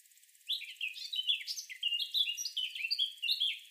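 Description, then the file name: Eurasian blackcap song as a continuous stream of about three seconds of fast, varied warbled notes, some slurred and whistled. "Sylvia atricapilla"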